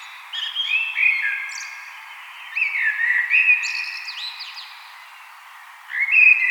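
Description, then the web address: Common blackbird song: relaxed whistled warbles in two bouts with higher twittering notes, then a fresh phrase starting at the end. "vogelstimmen amsel gesang nabu lars lachmann"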